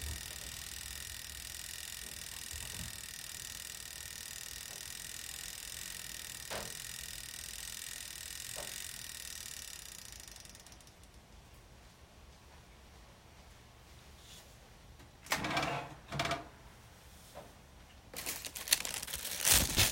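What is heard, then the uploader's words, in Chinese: Kitchen appliances: a steady, bright motor whir with a low rumble runs for the first ten seconds, then cuts off into near quiet. Brief rustling, crinkling bursts follow around fifteen to sixteen seconds, and a louder, harsher burst closes the clip. 烤箱咖啡機果汁機三兄弟。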